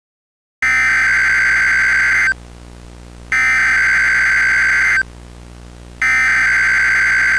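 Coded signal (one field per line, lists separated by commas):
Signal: Emergency Alert System (SAME) tones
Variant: header bursts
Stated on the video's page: Fictional alert scenario, not a real alert.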